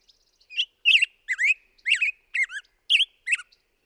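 Black-headed grosbeak delivering about seven warbled, swooping whistles in quick succession, each note bending up and down in a rich, melodic phrase.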